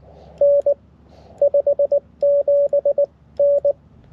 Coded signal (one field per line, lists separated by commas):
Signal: Morse code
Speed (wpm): 19 wpm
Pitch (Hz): 560 Hz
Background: none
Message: N 57N